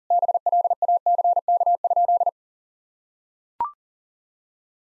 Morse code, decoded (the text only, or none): BLACK?